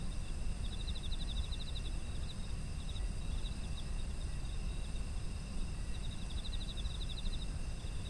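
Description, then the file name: Insects chirping: rapid pulsed trills in two bursts, early and late, over steady high ringing tones and a constant low rumble. Autumn insect ambient sound. "秋の虫の環境音"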